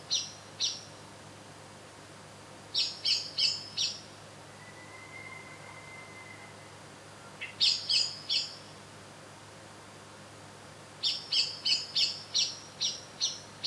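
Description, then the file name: Common blackbird calls with high, hard notes in uneven bursts, from a pair to a run of about seven; a faint flat whistle sounds between bursts. "Turdus merula"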